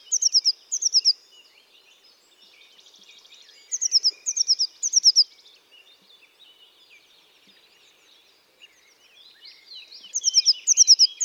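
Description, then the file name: Eurasian blue tit repeating rapid runs of piercing high notes at the start, middle and end, while quieter buzzy twitters carry on underneath. "Cyanistes caeruleus"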